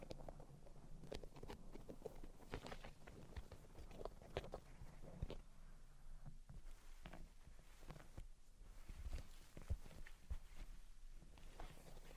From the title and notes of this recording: Tapping, Scratching, and Tracing Sounds. (No Talking).